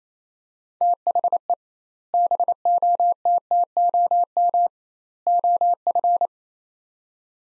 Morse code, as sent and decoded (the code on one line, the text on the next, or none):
- .... . / -... --- - - --- -- / --- ..-.
THE BOTTOM OF